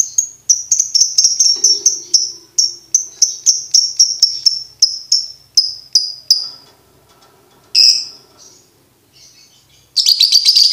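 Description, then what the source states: Lovebird producing a rapid run of high chirps that slows and fades, followed by a single loud call and then a dense buzzy chattering burst. Master recording for lovebirds to learn ngekek song.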